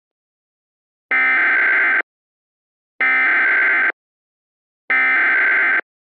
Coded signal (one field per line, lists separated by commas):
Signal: Emergency Alert System (SAME) tones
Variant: header bursts